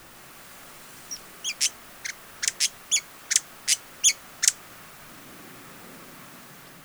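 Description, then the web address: Hyacinth visorbearer calls: a series of sharp, high chips over a few seconds, over steady background hiss. "Hyacinth visorbearer. صدای-پرنده-آفتابگیر-سنبلی"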